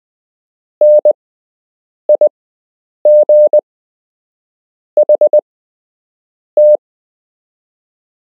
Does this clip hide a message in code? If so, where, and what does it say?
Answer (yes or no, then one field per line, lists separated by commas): yes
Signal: Morse code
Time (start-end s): 0.8-6.8 s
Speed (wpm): 20 wpm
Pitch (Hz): 600 Hz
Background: none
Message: NIGHT